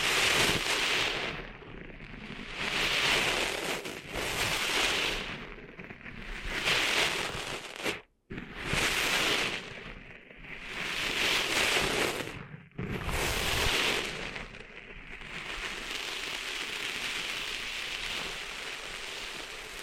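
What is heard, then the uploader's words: Ear cleaning sounds of sand being cleared: rhythmic, crackly hissing swells every few seconds, with two brief silent breaks around eight and thirteen seconds. ASMR Cleaning Sand Out of Your Ears (No Talking).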